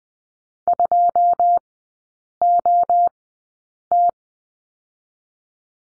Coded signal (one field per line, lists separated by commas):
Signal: Morse code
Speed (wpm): 20 wpm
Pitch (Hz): 700 Hz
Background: none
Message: 2 O T